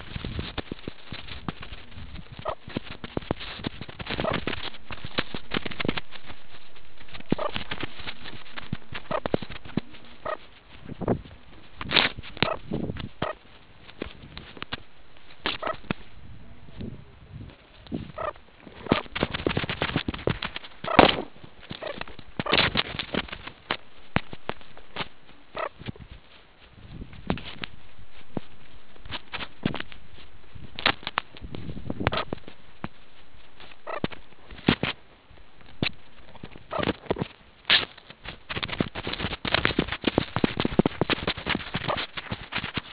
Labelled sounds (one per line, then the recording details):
meerkat close call
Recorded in the Kuruman River Reserve, South Africa
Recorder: an audio tag on a meerkat's collar